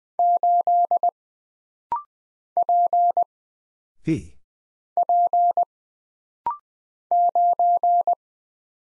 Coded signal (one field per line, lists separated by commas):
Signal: Morse code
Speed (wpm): 20 wpm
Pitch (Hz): 700 Hz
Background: none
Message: 8 P P 9